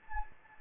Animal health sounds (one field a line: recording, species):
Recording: mosquito wingbeat signal from an infrared sensor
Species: Anopheles gambiae